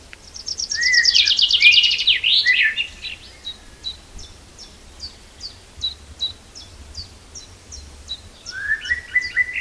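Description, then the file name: Common chaffinch song: a rapid rattling trill that drops in pitch to a terminal flourish, followed by a long string of thin, evenly spaced high notes and a brief warble. "Fringilla coelebs"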